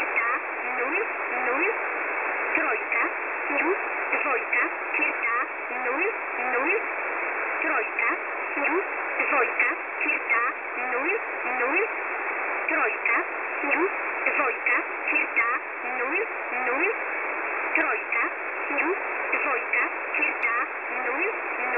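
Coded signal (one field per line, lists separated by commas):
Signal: numbers station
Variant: S11a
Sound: faint spoken syllables buried in hiss, repeating at short, fairly regular intervals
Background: radio static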